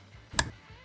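A speaker wiring plug is pressed down into its socket on the rear door panel of a 2018-2022 Honda CR-V, with the tab side of the plug kept at the front. A single sharp, bright click sounds at 0.4 s, set against a low handling rumble. The plug is fully seated and locked so it won't come out.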